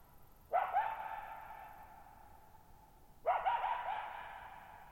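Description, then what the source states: Coyote giving two loud, wavering barks about three seconds apart, each with a yelping inflection and a long echoing decay. Lone coyote at night, July 14, 2019, at Thirtymile Meadows, Okanogan National Forest, Okanogan High Country, Pacific Northwest, 6400 ft, in a bowl-shaped meadow over boggy ground.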